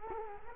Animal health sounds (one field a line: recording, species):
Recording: mosquito wingbeat signal from an infrared sensor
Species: Culex quinquefasciatus